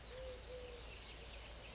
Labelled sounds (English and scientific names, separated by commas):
Eurasian Collared Dove (Streptopelia decaocto)